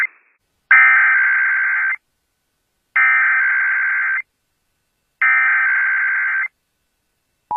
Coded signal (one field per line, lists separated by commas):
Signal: Emergency Alert System (SAME) tones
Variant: header bursts